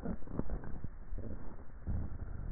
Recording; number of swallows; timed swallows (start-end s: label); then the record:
swallowing sounds by neck microphone; 1
0.64-1.40 s: swallow
From the record:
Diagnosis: dysphagia